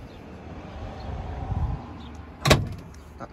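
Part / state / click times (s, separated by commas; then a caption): door or panel latch on the boat's head compartment / seated / 2.5 s. A door or panel latch in the head compartment of a Regal 2700 Bowrider boat is pushed shut over low background rumble. It latches with a sharp double click at 2.5 and 2.5 seconds and seats in place, followed by a faint tick near 2.9 seconds.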